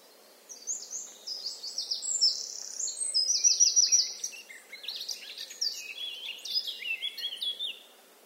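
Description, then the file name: Eurasian blackcap singing a rapid, jumbled warble of high chirps and short trills, loudest in the middle, then easing off with scattered notes before falling quiet. "Sylvia atricapilla"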